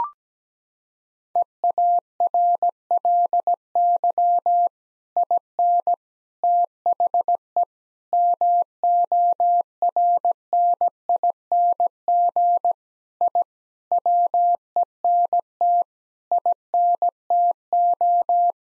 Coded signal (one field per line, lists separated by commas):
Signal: Morse code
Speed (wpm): 17 wpm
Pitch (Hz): 700 Hz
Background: none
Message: EARLY IN THE MORNING I WENT INTO